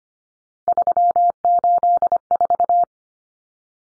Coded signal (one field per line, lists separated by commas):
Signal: Morse code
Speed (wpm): 25 wpm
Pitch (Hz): 700 Hz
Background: none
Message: 384